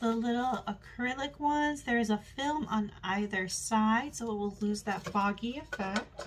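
A small acrylic standee with protective film on either side is handled before being pushed into a tiny black plastic base, while someone talks throughout. Nothing has seated or clicked yet.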